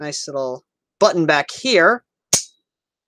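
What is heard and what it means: Someone talks, then presses the magazine release button at the back of an airsoft gun, and the airsoft magazine comes free with a single loud, sharp snap at 2.3 s. The magazine is released.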